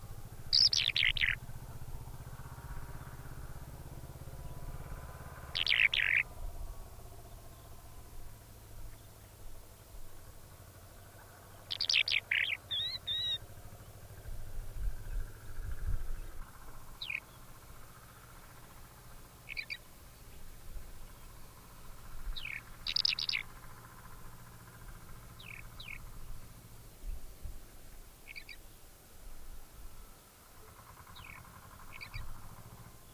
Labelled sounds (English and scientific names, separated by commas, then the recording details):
Eurasian Skylark (Alauda arvensis)
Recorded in the wild
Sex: male
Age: adult
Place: Erlangen, OT Schallershof, Bayern, DE
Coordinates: 49.5792, 10.9736
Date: 1963-05-01
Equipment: Stellavox SM 5, Vollspur, Nagra
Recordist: Tretzel, Erwin
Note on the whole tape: Feldlerche: diverse Laute (Locktöne, Warn- u. Schrecklaute). Datumsangabe ungenau, Angabe nur 1963